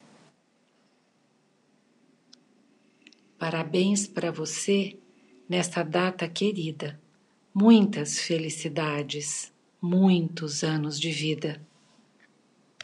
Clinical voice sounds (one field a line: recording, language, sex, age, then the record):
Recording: short text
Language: Brazilian Portuguese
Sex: female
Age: 60 to 69 years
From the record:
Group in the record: control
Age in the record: 62 years